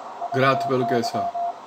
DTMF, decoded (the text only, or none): none